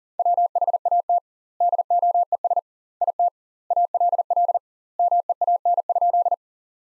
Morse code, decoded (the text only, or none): WHAT DOES IT ALL MEAN?